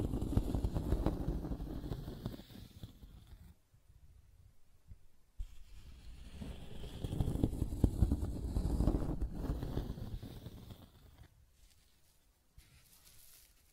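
Scratching and tracing sounds: a dense, rough rasp with a low rumbling body, rising and falling in bursts as if dragged across a surface. It runs for the first three seconds, pauses near silence, returns from about five to eleven seconds, then trails off with a few faint scrapes.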